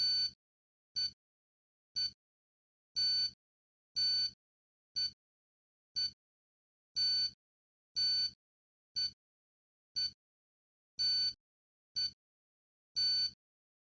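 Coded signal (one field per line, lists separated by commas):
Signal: radio time signal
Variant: DCF77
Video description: This short video shows my DCF77 analyzer clock displaying and decoding the DCF77 signal. All sounds are off bar the DCF77 live signal.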